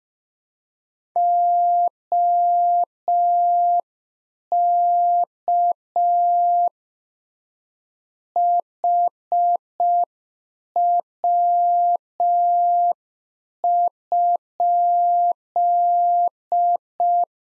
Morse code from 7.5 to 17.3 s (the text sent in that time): HW?